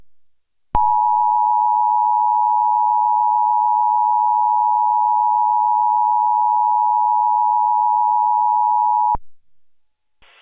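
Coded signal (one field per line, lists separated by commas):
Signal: Emergency Alert System (SAME) tones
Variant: 853 and 960 Hz attention tone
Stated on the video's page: Mock tornado alert for Los Angeles using valid EAS tones.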